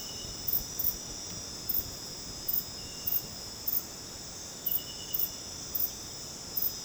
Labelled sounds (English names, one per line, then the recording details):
none
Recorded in dense forest near Puerto Asís, Putumayo, Colombia, on 12 March 2025 at 22:00
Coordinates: 0.486, -76.317
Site G053